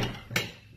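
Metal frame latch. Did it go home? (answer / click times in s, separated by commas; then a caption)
yes / 0.4 s. One half of a JOOLA Rally TL professional MDF indoor table tennis table is lifted into its upright storage position. The metal latch on the frame engages with a single sharp knock at 0.4 s, following a brief louder rustle at the start. The half latches into place.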